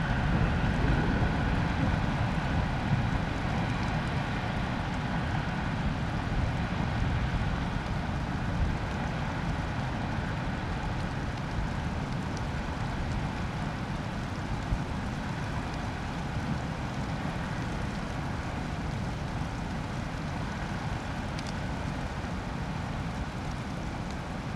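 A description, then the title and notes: Swollen torrential streams rush in a dense, unbroken roar that stays steady for the whole stretch, heaviest in the low rumble with a hissing wash above. A faint tonal hum runs underneath, and the level eases only slightly toward the end. The recorded storm passed over the area during the night and you can hear the sounds of swollen torrential streams. Recorded in Slovenia by Gregor Vida.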